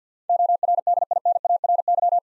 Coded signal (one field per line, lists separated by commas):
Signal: Morse code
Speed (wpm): 52 wpm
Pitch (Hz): 700 Hz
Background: none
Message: ORDINARY